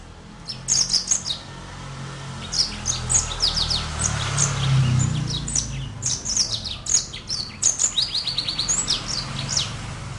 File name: brimstone canary